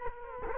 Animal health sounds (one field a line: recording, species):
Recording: mosquito wingbeat signal from an infrared sensor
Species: Culex quinquefasciatus